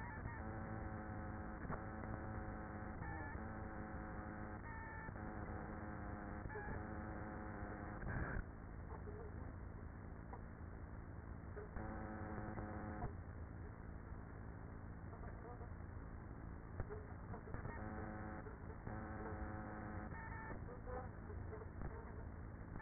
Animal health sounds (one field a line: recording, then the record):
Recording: honeybee colony, microphone inside the hive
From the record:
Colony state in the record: queenless with a low population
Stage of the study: after two queens were removed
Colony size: about 30,000 bees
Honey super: no